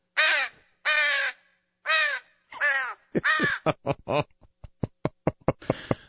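A crow caws loudly five times in harsh, drawn-out calls, then breaks into a quick run of short, sharp clicking croaks that speed up and scatter before a final rasping caw.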